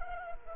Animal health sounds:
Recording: mosquito wingbeat signal from an infrared sensor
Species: Culex quinquefasciatus

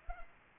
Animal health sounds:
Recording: mosquito wingbeat signal from an infrared sensor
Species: Anopheles arabiensis

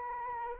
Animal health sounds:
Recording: mosquito wingbeat signal from an infrared sensor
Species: Anopheles arabiensis

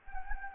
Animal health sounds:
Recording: mosquito wingbeat signal from an infrared sensor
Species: Anopheles gambiae

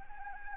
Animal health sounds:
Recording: mosquito wingbeat signal from an infrared sensor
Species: Anopheles arabiensis

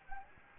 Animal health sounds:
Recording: mosquito wingbeat signal from an infrared sensor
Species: Anopheles gambiae

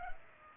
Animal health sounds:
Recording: mosquito wingbeat signal from an infrared sensor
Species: Culex pipiens

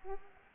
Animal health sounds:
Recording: mosquito wingbeat signal from an infrared sensor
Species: Anopheles arabiensis

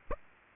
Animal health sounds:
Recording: mosquito wingbeat signal from an infrared sensor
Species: Aedes aegypti

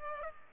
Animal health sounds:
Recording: mosquito wingbeat signal from an infrared sensor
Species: Culex pipiens

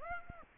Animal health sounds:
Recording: mosquito wingbeat signal from an infrared sensor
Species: Aedes aegypti

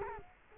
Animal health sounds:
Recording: mosquito wingbeat signal from an infrared sensor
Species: Culex quinquefasciatus

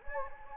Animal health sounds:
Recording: mosquito wingbeat signal from an infrared sensor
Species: Anopheles gambiae

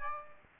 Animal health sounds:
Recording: mosquito wingbeat signal from an infrared sensor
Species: Aedes aegypti

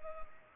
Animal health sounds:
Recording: mosquito wingbeat signal from an infrared sensor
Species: Culex pipiens

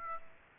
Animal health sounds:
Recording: mosquito wingbeat signal from an infrared sensor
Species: Aedes aegypti

